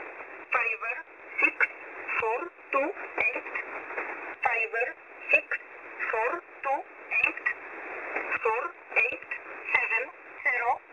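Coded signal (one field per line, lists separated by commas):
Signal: numbers station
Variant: E11 (Oblique)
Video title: 5409kHz USB Polish Number Station E11 calling 520 (23.06.2024)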